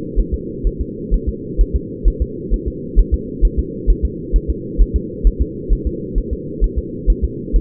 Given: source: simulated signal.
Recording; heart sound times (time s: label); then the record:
fetal heart sounds
0.19 s: S1
0.34 s: S2
0.67 s: S1
0.81 s: S2
1.14 s: S1
1.29 s: S2
1.61 s: S1
1.76 s: S2
2.08 s: S1
2.22 s: S2
2.54 s: S1
2.68 s: S2
2.99 s: S1
3.14 s: S2
3.45 s: S1
3.59 s: S2
3.90 s: S1
4.05 s: S2
4.36 s: S1
4.50 s: S2
4.81 s: S1
4.96 s: S2
5.27 s: S1
5.41 s: S2
5.73 s: S1
5.87 s: S2
6.18 s: S1
6.33 s: S2
6.64 s: S1
6.78 s: S2
7.10 s: S1
7.24 s: S2
7.56 s: S1
From the record:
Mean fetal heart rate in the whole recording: 130 bpm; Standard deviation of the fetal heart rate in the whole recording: 2 bpm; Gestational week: 36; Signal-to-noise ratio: -4.1 dB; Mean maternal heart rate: no maternal heart sound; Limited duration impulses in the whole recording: absent